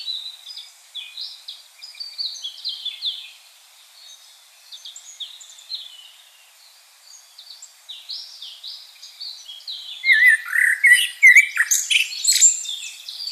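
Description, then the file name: Common blackbird singing: soft, high, scratchy twitters for about ten seconds, then a burst of louder, fuller warbled notes near the end. "Turdus merula"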